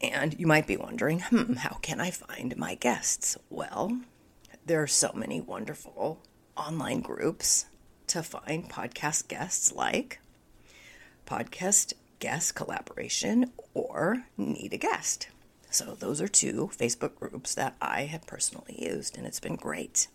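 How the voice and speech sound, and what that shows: Adult woman speaking with spasmodic dysphonia, a voice condition that developed earlier in the year and is still ongoing; the voice is strained and breathy with broken, interrupted phrasing and frequent pauses.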